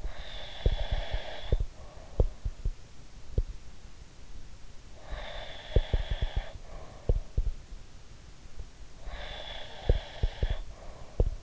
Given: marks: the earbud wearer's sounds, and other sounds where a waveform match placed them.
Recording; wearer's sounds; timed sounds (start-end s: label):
sounds in sleep by an in-ear microphone; breath
0.00-2.38 s: breath
0.61-3.47 s: sound from someone else or the room
4.92-7.54 s: breath
5.70-7.54 s: sound from someone else or the room
9.00-11.43 s: breath
9.85-11.43 s: sound from someone else or the room